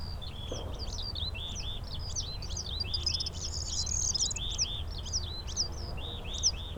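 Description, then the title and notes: Eurasian skylark song, rapid repeated high chirps and slurred notes flowing without pause, one brief buzzy burst midway, over a steady low background hum. Several skylarks singing in fields around St. Isidore's wayside shrine, Sosna Góra, Siemianowice Śląskie, Poland; Saturday 18 May 2019; recorded with Zoom H5, Audio-Technica BP4025. "Unnamed Road, Siemianowice Śląskie, Polska - skowronek przy kapliczce św. Izydora. Sobota, 18 maja 2019. Wśród pól znajduje się kapliczka świętego Izydora na Sosnej Górze. W polu śpiewają skowronki i brzęczą owady. W tle słychać strzelnicę. Nagrania terenowe Siemianowic Śląskich - Dźwiękowy Portret Miasta"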